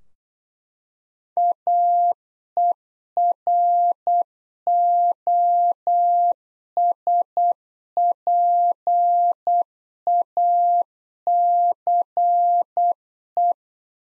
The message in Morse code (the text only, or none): AEROSPACE